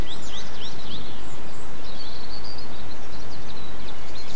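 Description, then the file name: Birdsong with a run of four quick whistled notes, then a brief thin trill and scattered chirps, over steady low rumbling noise. Excerpt recorded 8 April 2007 with an MZ-N710 recorder. "MZ-N 710 Chants d oiseaux 8 04 07 extrait"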